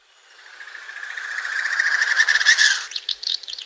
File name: Dupel lesnoj